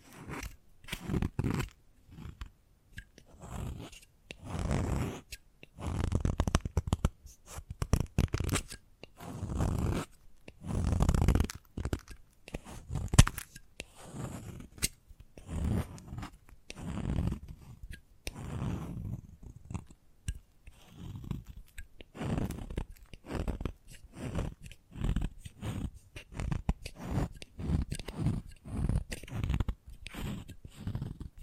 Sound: Chalk Sounds Tapping, Scratching, Carving